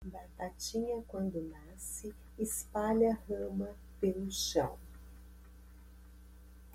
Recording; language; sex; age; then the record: short text; Brazilian Portuguese; female; 50 to 59 years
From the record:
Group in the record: control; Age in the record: 54 years